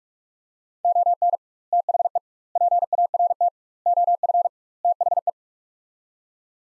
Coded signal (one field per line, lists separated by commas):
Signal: Morse code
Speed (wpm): 47 wpm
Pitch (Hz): 700 Hz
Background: none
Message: ON THE PART OF THE